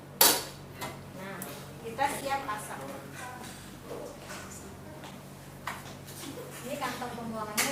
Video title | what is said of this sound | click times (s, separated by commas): Tutorial Penggunaan CRRT (Continuous Renal Replacement Therapy) PRISMAFLEX ( RSPAD Gatot Soebroto ) | laci nariknya Sampai bunyi klik kalau berasa klik Nah kita | 0.2 s